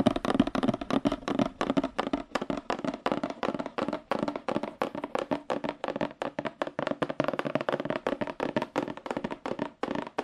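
Fast, aggressive tapping on cardboard, a dense, nearly continuous stream of sharp hollow knocks with no real pause across the whole stretch. The hits come in quick uneven bursts with slight dips every second or so, and the tone stays dull and papery throughout.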